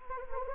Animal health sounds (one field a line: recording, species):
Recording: mosquito wingbeat signal from an infrared sensor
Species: Anopheles gambiae